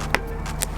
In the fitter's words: You guys should be able to hear it click when you click it in.